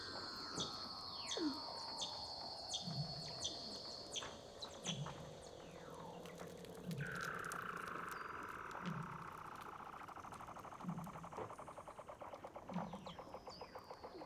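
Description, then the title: Weddell seal underwater calls: long whistles, descending glides, repeated low pulses every two seconds and rapid ticking trills. "Douglas Quin - Weddell Seals (Underwater)"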